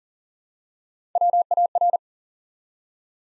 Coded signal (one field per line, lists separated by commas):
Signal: Morse code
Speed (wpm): 43 wpm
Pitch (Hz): 700 Hz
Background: none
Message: WAR